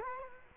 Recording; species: mosquito wingbeat signal from an infrared sensor; Culex quinquefasciatus